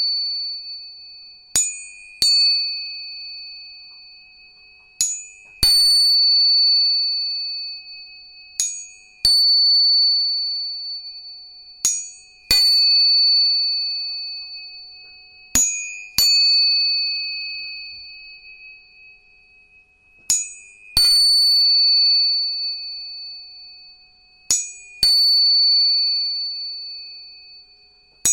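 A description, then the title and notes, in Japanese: Tuning forks are struck again and again, usually in quick pairs of taps every three to four seconds, each with a sharp metallic click. Two clear, high, steady tones ring on between strikes and slowly fade in a quiet, close setting. 音叉チューニング3本。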